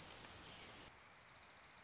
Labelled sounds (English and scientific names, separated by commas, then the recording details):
Orange-crowned Warbler (Leiothlypis celata)
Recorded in Sonoma County, California